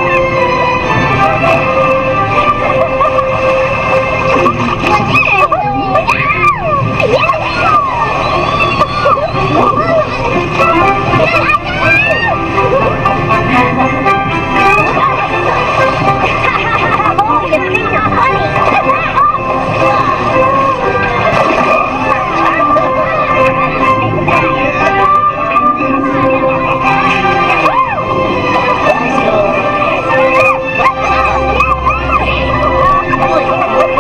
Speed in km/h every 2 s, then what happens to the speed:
87, 87, 87, 87, 87, 87, 86, 85, 84, 83, 82, 80, 77, 74, 72, 71, 66.
0-18 steady at about 87. 18-34 slows to 66.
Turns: none.